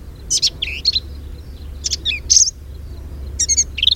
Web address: Black-capped Vireo Sounds Quanah Parker Dam 2007-0510